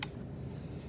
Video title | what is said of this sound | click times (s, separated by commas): Bauer 20V Cordless Variable Speed Jigsaw / Product Review And First Use, Awesome! | And then you just push it in until you hear it click. | 0.0 s